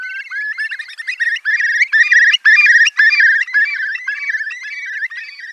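Curlew calls: rapid wavering trills that swell in loudness and then fade, with quick notes running together.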